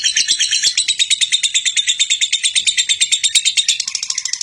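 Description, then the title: Lovebird singing a continuous, dense high chatter of rapid buzzy notes, with no pause throughout. National champion lovebird performing long, persistent chatter (ngekek panjang). "mster Mnuk. LOVE BIRD JUARA NASIONAL CEREWET NGEKEK PANJANG"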